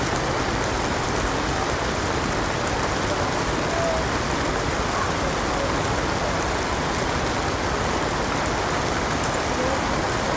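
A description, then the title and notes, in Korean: Soft summer rain falls steadily on a houseboat and the nearby canal water, a dense, even patter that holds constant for the whole stretch. Underneath sits a faint low rumble of distant city traffic, with no distinct events breaking through. 부드러운 여름비 ASMR | 도시 운하의 분위기. 유트레흐트의 매력적인 운하에 정박된 아늑한 하우스보트로의 평화로운 탈출을 경험하세요. 비가 물 위를 부드럽게 두드리면서, 도시의 미묘한 생활과 조화를 이루어 고요한 멜로디를 만들어냅니다. 하우스보트와 인근 수로 위에서 부드럽게 춤추는 비의 리듬은 먼 도시의 소음과 어우러집니다.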